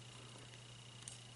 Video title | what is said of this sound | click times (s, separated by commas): Transformers Age Of Extinction Deluxe Class Dinobot Slash,Toy review by ToyHound | and then it snaps into place those are both snapped into place | 1.1 s